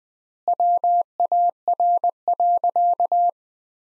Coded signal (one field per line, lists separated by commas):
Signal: Morse code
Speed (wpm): 21 wpm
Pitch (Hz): 700 Hz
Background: none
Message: WAR.